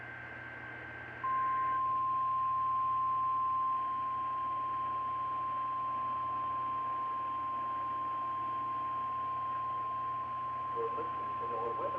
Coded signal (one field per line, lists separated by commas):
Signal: Emergency Alert System (SAME) tones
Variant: 1050 Hz attention tone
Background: speech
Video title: EAS 6684-6744 EAS Alerts I haven't uploaded yet